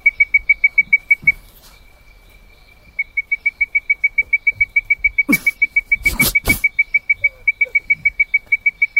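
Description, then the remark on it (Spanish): A Leptodactylus mystacinus frog calls in a fast, steady series of short, high whistled notes that pause briefly and then resume, with a few loud clattering thumps partway through. “Ese bichito que pasó se llama el Leptactylus mistacinus.”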